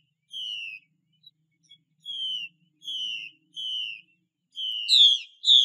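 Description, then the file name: Chinese hwamei song: long, clear whistles sliding downward, given at intervals, ending in a louder, more complex flourish. "Tieng chim hoa mi mai xuy"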